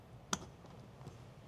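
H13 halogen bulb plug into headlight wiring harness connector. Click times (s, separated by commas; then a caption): 0.3 s. An H13 halogen headlight bulb's plastic plug is pushed onto the vehicle's wiring harness connector. A single sharp click at 0.3 s is heard as it latches, followed by a faint tick near 1.0 s over low background hum. The connector is seated.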